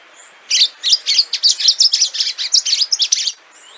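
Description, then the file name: Orange-fronted yellow finch song: a rapid, continuous string of high chirpy, sweet notes lasting about three seconds, with no other clear sounds. "canto do canario do amazonas"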